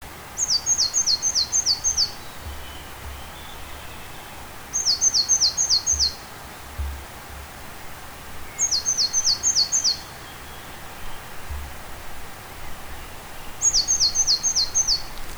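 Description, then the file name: Great tit calling in short bursts of about five rapid, high, sharp notes, each burst repeated roughly every four seconds over a steady low rumble. "Parus major"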